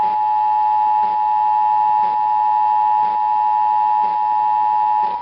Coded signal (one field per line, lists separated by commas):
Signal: Emergency Alert System (SAME) tones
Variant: 853 and 960 Hz attention tone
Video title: AM FM Radio, TV (EAS 498-499) National Periodic Test 10/3/18